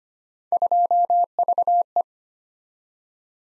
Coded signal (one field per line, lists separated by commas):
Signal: Morse code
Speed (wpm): 25 wpm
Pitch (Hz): 700 Hz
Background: none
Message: 2VE